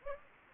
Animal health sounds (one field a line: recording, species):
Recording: mosquito wingbeat signal from an infrared sensor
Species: Anopheles gambiae